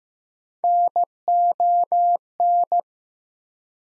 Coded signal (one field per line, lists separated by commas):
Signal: Morse code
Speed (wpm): 15 wpm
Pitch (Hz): 700 Hz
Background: none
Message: NON